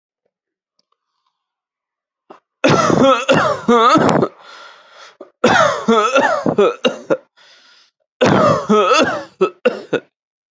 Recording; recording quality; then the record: heavy voluntary cough; excellent, no background noise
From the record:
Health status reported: exposed to COVID-19, no respiratory illness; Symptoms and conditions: none ticked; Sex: male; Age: 21 years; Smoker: not ticked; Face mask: not worn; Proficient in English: yes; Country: India